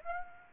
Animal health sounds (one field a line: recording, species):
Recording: mosquito wingbeat signal from an infrared sensor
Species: Aedes aegypti